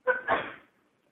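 A single sneeze from an adult in a committee hearing room, about a second long. A brief voiced 'ah' intake leads into a sharp, noisy explosive burst that quickly fades to quiet. It is an ordinary sneeze.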